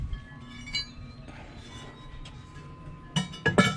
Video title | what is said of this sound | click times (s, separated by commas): QUICK & EASY REPLACEMENT OF THE FIREBOX ON A KAMADO JOE GRILL | you just start putting these pieces on they all kind of click into place kind of like that | 3.2 s, 3.5 s